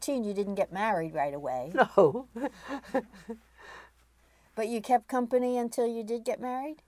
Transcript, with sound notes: you didn't get married right away?
No! [Laughs]
But you kept company until you did get married?